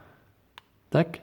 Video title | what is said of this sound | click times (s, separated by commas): Chronique n°138 : Masters of the universe Origins : Skeletor le Dragon | Il faut forcer, clac. Tac. | 0.6 s